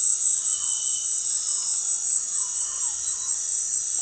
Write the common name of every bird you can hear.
none